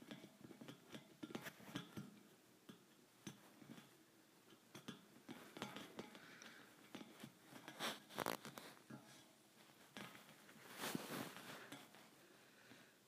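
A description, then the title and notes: Thin metal bars are tapped in quick, irregular clusters, each tap a short bright click with a faint ring. The taps come densely throughout, with louder, more ringing strikes around 8 seconds and again near 11 seconds. A low rumble sits underneath. ASMR Tapping Thin Metal Bars.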